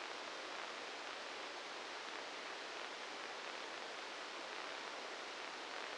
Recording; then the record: brain microelectrode recording played as sound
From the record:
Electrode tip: inside the subthalamic nucleus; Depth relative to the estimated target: -3 mm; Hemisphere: left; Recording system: NeuroSet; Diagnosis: Parkinson's disease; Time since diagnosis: 7 years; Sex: male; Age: 44 years